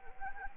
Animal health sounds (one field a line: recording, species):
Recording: mosquito wingbeat signal from an infrared sensor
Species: Anopheles arabiensis